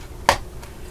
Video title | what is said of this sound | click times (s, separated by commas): Build the Volkswagen T1 Samba Camper Van, Issues 18, 19, 20, 21, 22 | So they just snapped right in, really easy. | 0.3 s